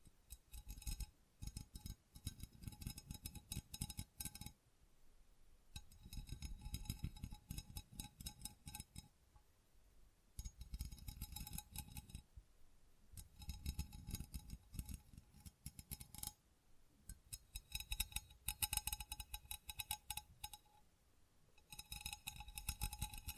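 Tapping and scratching on textured surfaces in dense, rapid bursts of several seconds each, separated by brief pauses, with a faint ringing tone.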